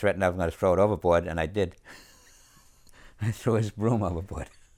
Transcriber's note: he laughs